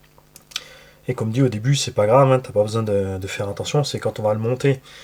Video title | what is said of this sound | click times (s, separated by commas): MONTAGE KIT XPRESS FT1S PAGE 2 DIFF | on met en place les deux demi coquilles ça se clipse dessus | 0.6 s